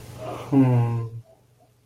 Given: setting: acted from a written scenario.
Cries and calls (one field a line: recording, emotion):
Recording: vocal sound without words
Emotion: serenity